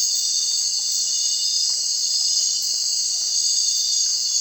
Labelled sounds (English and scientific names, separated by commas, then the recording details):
none
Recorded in secondary vegetation near Puerto Asís, Putumayo, Colombia, on 30 June 2025 at 19:00
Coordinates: 0.499, -76.323
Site G077